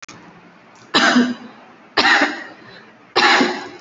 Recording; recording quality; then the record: shallow voluntary cough; moderate, slight background noise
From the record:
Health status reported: healthy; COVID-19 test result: negative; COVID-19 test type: RT-PCR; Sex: female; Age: 23 years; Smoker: no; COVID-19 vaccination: one dose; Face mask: worn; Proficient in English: yes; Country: India